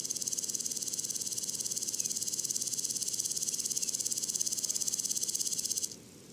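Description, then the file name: Woodland grasshopper stridulation: a steady, loud, rapidly pulsed high buzz lasting about six seconds, then stopping abruptly. Duetting grasshoppers giving different long and short stridulations, recorded at le Puech, France, 32-bit, with a modified Telinga and Earsight omni microphone. "criquets noirs ebenes differentes stridulations longue breves criquets duettistes le Puech F"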